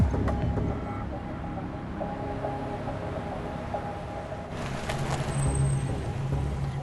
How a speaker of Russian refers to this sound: Черный фургон едет по мосту.